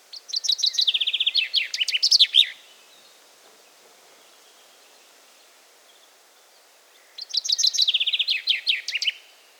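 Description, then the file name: Common chaffinch singing twice, about seven seconds apart: each song a bright run of quick notes falling into repeated slurred phrases and a sharp final flourish. "erdei pinty"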